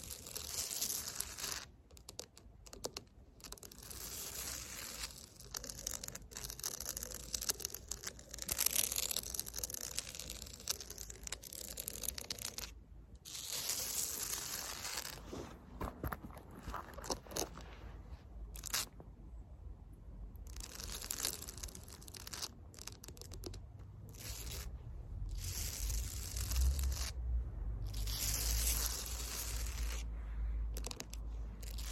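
Fake nails scratch across concrete in dense, gritty strokes that keep stopping and starting, with short silent breaks near 2, 13 and 20 seconds. The scraping is bright and rasping, with quick clicking taps mixed in. A low rumble builds underneath toward the end.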